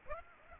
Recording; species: mosquito wingbeat signal from an infrared sensor; Aedes aegypti